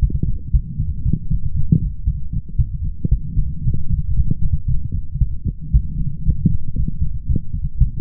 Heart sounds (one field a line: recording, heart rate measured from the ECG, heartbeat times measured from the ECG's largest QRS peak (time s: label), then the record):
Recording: heart sounds by stethoscope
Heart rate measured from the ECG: 116 bpm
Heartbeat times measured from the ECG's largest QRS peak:
0.51 s: heartbeat
1.03 s: heartbeat
1.54 s: heartbeat
2.05 s: heartbeat
2.57 s: heartbeat
3.10 s: heartbeat
3.63 s: heartbeat
4.15 s: heartbeat
4.67 s: heartbeat
5.19 s: heartbeat
5.72 s: heartbeat
6.24 s: heartbeat
6.76 s: heartbeat
7.27 s: heartbeat
7.79 s: heartbeat
From the record:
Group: healthy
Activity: light exercise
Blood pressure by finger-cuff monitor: 116/78 mmHg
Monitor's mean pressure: 89 mmHg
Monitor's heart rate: 114 bpm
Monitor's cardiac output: 8.3 L/min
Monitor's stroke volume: 73 mL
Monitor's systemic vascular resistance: 770 dyn s/cm5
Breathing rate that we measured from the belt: 24 breaths a minute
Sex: female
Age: 19 years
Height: 163 cm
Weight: 48.9 kg